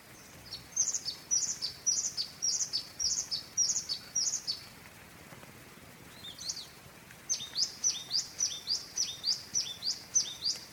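Spotted scrubwren calling in two bursts of rapid, high, repeated upslurred notes separated by a long pause with a single note, the second run longer, over steady faint background noise.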